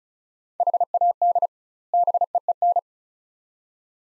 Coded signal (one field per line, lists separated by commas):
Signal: Morse code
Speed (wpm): 34 wpm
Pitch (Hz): 700 Hz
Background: none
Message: HAD BEEN